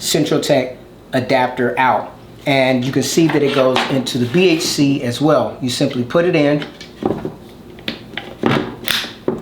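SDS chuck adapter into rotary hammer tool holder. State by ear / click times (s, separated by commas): seated / 7.9 s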